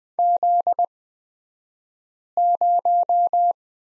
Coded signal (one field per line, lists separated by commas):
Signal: Morse code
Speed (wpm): 20 wpm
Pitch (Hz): 700 Hz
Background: none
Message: Z0